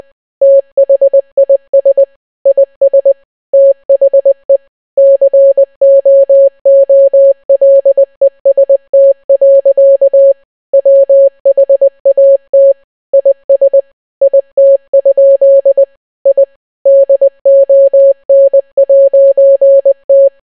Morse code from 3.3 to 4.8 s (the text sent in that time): THE